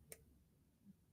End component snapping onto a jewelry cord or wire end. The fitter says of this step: like that you hear that snap